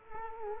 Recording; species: mosquito wingbeat signal from an infrared sensor; Culex quinquefasciatus